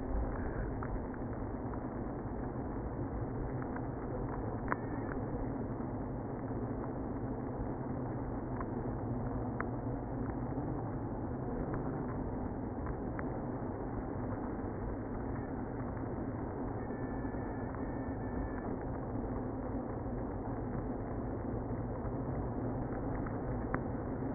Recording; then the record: honeybee colony, microphone inside the hive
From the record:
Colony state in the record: queenless (queen removed); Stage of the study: after two queens were removed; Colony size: about 60,000 bees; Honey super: yes